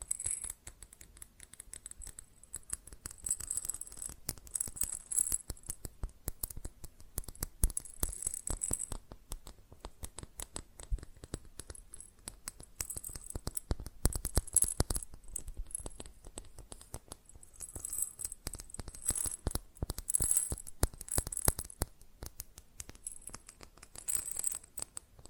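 Fast tapping on glass and ceramic objects, a dense stream of small, sharp clicks running throughout with no pauses. The taps are quick and uneven, with a bright ringing edge that comes and goes, strongest around five, fifteen and twenty seconds.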